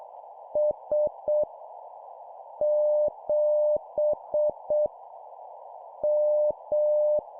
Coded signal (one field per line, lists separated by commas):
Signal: Morse code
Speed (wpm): 6 wpm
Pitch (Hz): 600 Hz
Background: none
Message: S 7 M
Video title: 7wpm Random Letter Number, CW morse code Copy Speed improvement